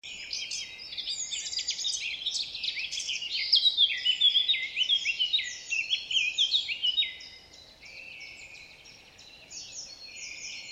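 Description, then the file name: Eurasian blackcap singing a fast, jumbled warble of sharp high notes, loudest in the middle, then fading to softer scratchy twitters. "Sylvia atricapilla"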